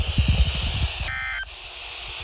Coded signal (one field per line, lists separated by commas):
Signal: Emergency Alert System (SAME) tones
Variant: end-of-message bursts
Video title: Required Weekly Test on WXL25 & WXL82 (1/29/25) (EAS #5,406 & 5,407)